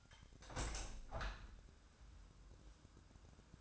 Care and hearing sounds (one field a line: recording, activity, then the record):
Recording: daily activity, microphone in the room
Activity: open window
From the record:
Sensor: 2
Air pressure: 1006.6 hPa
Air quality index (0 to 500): 204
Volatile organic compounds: 15 ppm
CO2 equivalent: 2493 ppm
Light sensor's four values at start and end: 9/21/9/9 and 9/22/9/9